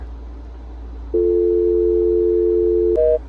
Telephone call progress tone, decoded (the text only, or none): dial tone